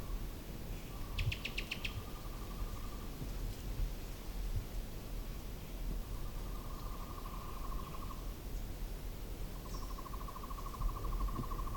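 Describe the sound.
Cuban tody calls: three steady, even rattling trills of about two seconds each, the first overlapped by a quick burst of high clicking notes, over a constant background hiss.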